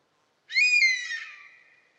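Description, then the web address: European honey buzzard giving a single clear whistled call with a sharp start, sliding slightly downward and fading out over about a second and a half. "European Honey Buzzard. صدای سارگپه جنگلی"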